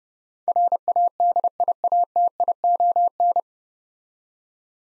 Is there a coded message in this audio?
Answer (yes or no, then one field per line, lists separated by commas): yes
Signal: Morse code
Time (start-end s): 0.5-3.4 s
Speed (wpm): 30 wpm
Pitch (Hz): 700 Hz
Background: none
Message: RADIATION